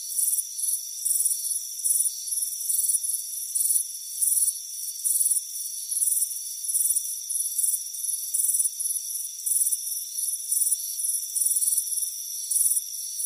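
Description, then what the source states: High cricket chirping, pulsed trills repeating at a regular brisk rhythm over a steady faint tone. Crickets chirping on a warm afternoon at a front porch.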